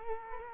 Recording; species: mosquito wingbeat signal from an infrared sensor; Culex quinquefasciatus